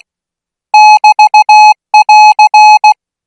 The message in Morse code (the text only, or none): <BT><AR>